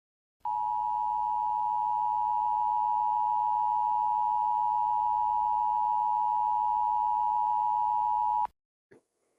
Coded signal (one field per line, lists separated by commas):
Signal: Emergency Alert System (SAME) tones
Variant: 853 and 960 Hz attention tone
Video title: EAS Scenario: Toxic Soda